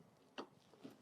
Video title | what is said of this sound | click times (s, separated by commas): বিধানসভা vote 2026 : mock poll থেকে ceiling পর্যন্ত সম্পূর্ণ ট্রেনিং একটি ভিডিওতে। | আস্তে করে যদি এখানে ঢুকিয়ে যদি একটুখানি প্রেস করে দেন, একটা খট করে আওয়াজ হবে, তাহলে বুঝবেন | 0.4 s